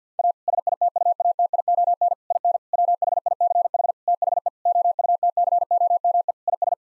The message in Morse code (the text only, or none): A SITUATION IN WHICH THE OUTCOME IS